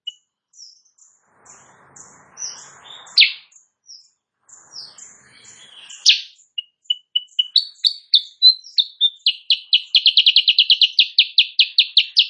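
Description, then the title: Sooty-headed bulbul: scattered soft twitters at first, then a loud chirp, building into a rapid, accelerating run of bright repeated notes. Recorded in the morning; bird singing energetically (gacor); used as a master recording for training songbirds, meant to provoke other birds to answer. "Masteran Kutilang Sutra. Kutilang Sutra GACOR pagi hari bikin lawannya AUTO NYAUT"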